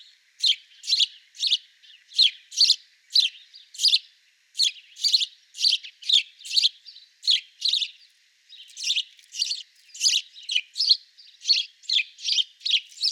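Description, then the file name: House sparrow chirping persistently, bright clipped notes repeated two to three times a second with only brief pauses, nothing else audible. "Passer domesticus"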